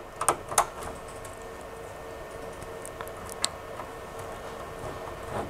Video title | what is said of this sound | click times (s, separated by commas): Build a Community Fiber Network over 5KM with ONE Cable! - Outdoor Termination Box Explained | It's pretty simple. You just plug it in until you hear a click sound. | 0.3 s, 0.6 s, 3.4 s